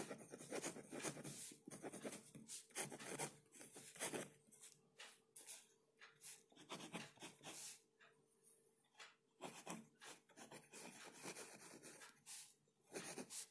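Scratchy writing strokes and papery rustles come in dense bursts, with a faint steady hum underneath and quieter pauses between.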